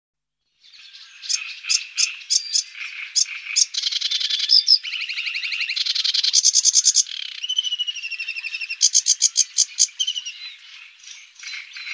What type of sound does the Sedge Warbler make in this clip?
song